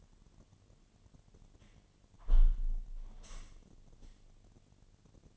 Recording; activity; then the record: daily activity, microphone in the room; close window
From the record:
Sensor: 4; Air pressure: 1007.2 hPa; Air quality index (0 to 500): 191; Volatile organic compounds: 6 ppm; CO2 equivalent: 1901 ppm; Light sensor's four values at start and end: 24/74/28/27 and 23/73/28/27